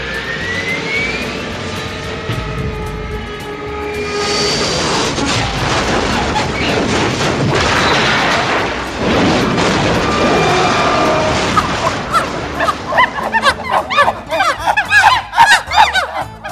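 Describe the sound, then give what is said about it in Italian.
An airplane carrying monkeys whines and swells into a loud, sustained roar, then a burst of rapid crashing bangs and clattering impacts ends the flight as it crashes into a garden. “Un aereo di scimmie è caduto in giardino.”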